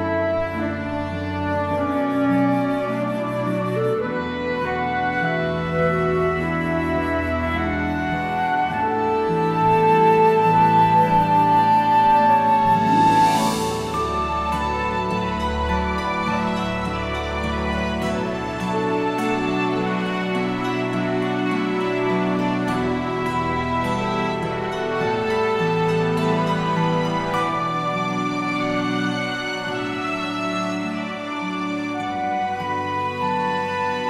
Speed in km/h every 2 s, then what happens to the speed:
15, 11, 10, 15, 15, 11, 10, 10, 11, 15, 11, 10, 11, 13, 13, 16, 18.
0-22 steady at about 11. 22-34 speeds up to 18.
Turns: none.